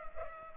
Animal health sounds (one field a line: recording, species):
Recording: mosquito wingbeat signal from an infrared sensor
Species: Culex pipiens